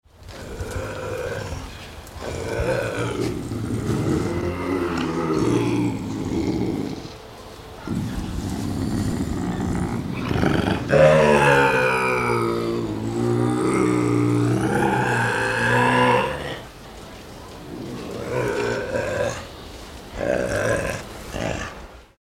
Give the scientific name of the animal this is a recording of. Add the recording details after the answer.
Lynx lynx. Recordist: Tembrock, Günter. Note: Rufe eines Paares bei Begegnung